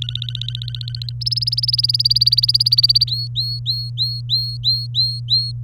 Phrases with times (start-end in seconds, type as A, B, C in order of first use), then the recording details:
0.02-1.12 A, 1.21-3.04 B, 3.07-5.51 C. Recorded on 24 April 2018 at 08:28. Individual llb3